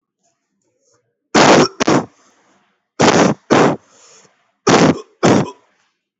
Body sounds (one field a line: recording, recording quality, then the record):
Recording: heavy voluntary cough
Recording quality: moderate, slight background noise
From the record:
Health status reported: recovered from COVID-19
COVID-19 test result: positive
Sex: male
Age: 25 years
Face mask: not worn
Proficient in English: yes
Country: India